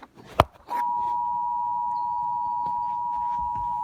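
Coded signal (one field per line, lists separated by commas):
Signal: Emergency Alert System (SAME) tones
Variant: 853 and 960 Hz attention tone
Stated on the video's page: Severe thunderstorm warning EAS alert heard on TV, with a dog making noise in the background.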